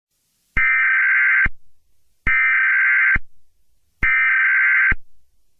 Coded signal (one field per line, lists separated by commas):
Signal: Emergency Alert System (SAME) tones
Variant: header bursts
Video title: Tutorial on how to make an EAS Scenario!